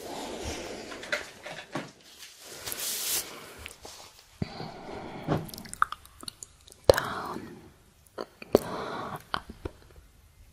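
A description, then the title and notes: Quiet kissing and mouth sounds: wet smacks and clicks arrive irregularly, with sharp pops near seven and eight and a half seconds. A brief hissing brush stroke rises around three seconds, and soft rustles fill the gaps. ASMR KISSING MOUTH SOUNDS Brush on MICROPHONE TAPPING.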